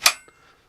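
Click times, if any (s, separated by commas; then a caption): 0.1 s. A Gras bayonet is pushed onto the muzzle and bayonet lug of a converted Chassepot rifle, a Chassepot / Gras 1866-M.74 infantry rifle, and latches at 0.1 s with a sharp, bright metallic clang that rings out and fades. A faint second tick follows near 0.3 s, and the bayonet is seated, snapping right into place.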